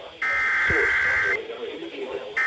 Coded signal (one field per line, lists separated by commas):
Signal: Emergency Alert System (SAME) tones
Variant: header bursts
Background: speech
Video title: EAS #3223-3231 Severe Thunderstorm Warning